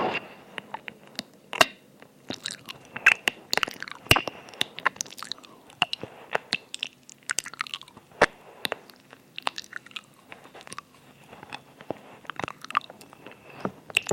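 Ear eating with tingly mouth sounds: wet clicks, smacks and crunchy bites come in rapid, irregular bursts throughout. Sharp bright snaps stand out every second or so, over a soft, steady low hum and a faint thin high tone.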